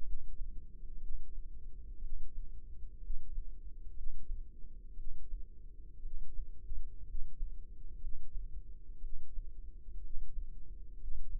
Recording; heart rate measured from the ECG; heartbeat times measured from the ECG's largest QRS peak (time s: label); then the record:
heart sounds by microphone in the left ear; 60 bpm
0.01 s: heartbeat
0.97 s: heartbeat
1.98 s: heartbeat
2.98 s: heartbeat
3.91 s: heartbeat
4.93 s: heartbeat
5.99 s: heartbeat
7.03 s: heartbeat
7.97 s: heartbeat
8.98 s: heartbeat
9.98 s: heartbeat
10.95 s: heartbeat
From the record:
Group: healthy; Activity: rest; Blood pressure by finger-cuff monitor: 109/70 mmHg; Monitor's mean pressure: 83 mmHg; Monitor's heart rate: 60 bpm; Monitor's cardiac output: 5 L/min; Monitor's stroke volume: 84 mL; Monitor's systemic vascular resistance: 1200 dyn s/cm5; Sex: female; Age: 22 years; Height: 171 cm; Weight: 65.6 kg